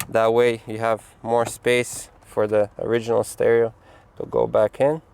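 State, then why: Not seated. A wiring harness connector is handled at the back of the head unit (PCM4.0 radio) of a 2017–2018 Porsche Macan, being pushed toward the point where it locks in. Someone talks throughout in clear bursts, with only faint low background noise between phrases. Nothing has seated or clicked yet.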